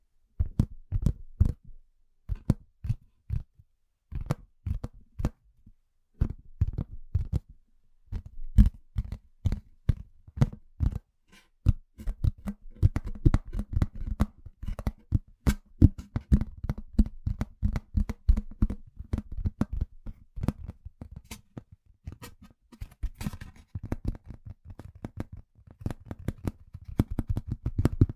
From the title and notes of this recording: 13 different triggers with simple things but big sounds that I find around the house.